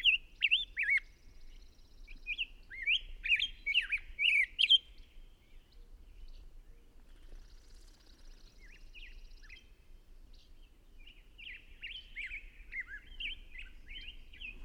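Bird song in high chirpy, warbling phrases around the first five seconds, then quieter scattered twittering notes, with a faint low rumble underneath.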